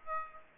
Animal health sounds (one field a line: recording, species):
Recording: mosquito wingbeat signal from an infrared sensor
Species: Aedes aegypti